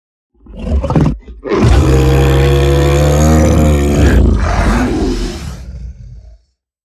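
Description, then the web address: Bear scream: a short gruff grunt, then a long, powerful roaring bellow with strong low harmonics that tails off raggedly. "medium great bear scream"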